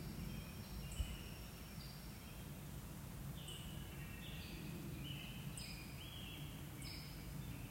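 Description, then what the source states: Birds singing with short, thin whistled notes scattered at irregular intervals, some high and sharp, others lower and slurred, over a steady low rumble. Recorded at sunset on May 19, 2024.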